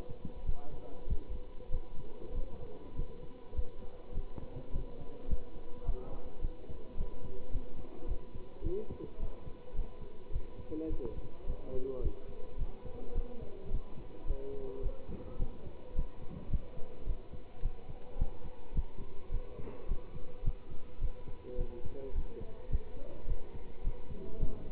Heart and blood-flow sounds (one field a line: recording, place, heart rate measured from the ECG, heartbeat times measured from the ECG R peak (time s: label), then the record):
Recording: heart sounds by stethoscope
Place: between the tricuspid and mitral areas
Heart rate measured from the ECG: 105 bpm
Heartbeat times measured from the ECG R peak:
0.44 s: heartbeat
1.06 s: heartbeat
1.70 s: heartbeat
2.32 s: heartbeat
2.94 s: heartbeat
3.53 s: heartbeat
4.12 s: heartbeat
4.71 s: heartbeat
5.27 s: heartbeat
5.83 s: heartbeat
6.40 s: heartbeat
6.95 s: heartbeat
7.50 s: heartbeat
8.06 s: heartbeat
8.62 s: heartbeat
9.18 s: heartbeat
9.74 s: heartbeat
10.30 s: heartbeat
10.88 s: heartbeat
11.45 s: heartbeat
12.00 s: heartbeat
12.56 s: heartbeat
13.13 s: heartbeat
13.69 s: heartbeat
14.25 s: heartbeat
14.81 s: heartbeat
15.37 s: heartbeat
15.94 s: heartbeat
16.49 s: heartbeat
17.05 s: heartbeat
17.61 s: heartbeat
18.17 s: heartbeat
18.73 s: heartbeat
19.30 s: heartbeat
19.86 s: heartbeat
20.43 s: heartbeat
20.99 s: heartbeat
21.56 s: heartbeat
22.13 s: heartbeat
22.69 s: heartbeat
23.26 s: heartbeat
23.82 s: heartbeat
24.38 s: heartbeat
From the record:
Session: pedaling a stationary bicycle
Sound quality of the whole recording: good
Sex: male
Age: 27 years